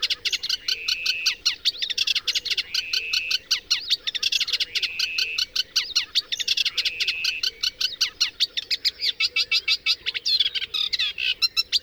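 Bird song: a long, busy stream of fast chirps and trills in repeated bursts.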